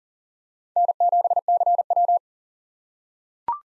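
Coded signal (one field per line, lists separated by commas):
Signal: Morse code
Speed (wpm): 37 wpm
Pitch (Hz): 700 Hz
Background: none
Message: N7CW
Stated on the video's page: Morse head-copy drill at 40 wpm of common SOTA chaser call signs, each sent, spoken, then sent again.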